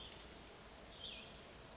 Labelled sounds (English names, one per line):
Cassin's Vireo